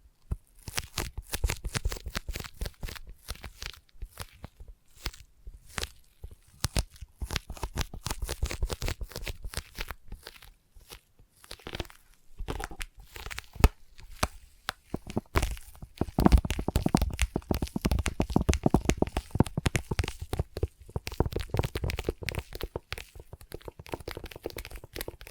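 Sticky tapping and sticky trigger sounds make up a dense run of sharp, crackly clicks and peeling snaps, irregular and fast throughout. The clicks come in bursts with brief gaps, growing busier and fuller from about sixteen seconds on.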